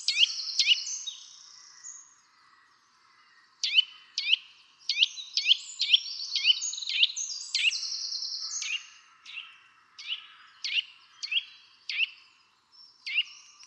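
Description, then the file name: Eurasian nuthatch giving sharp, high, down-slurred call notes in irregular bursts, some quickly doubled, with a short quiet gap early on. "Sitta europaea"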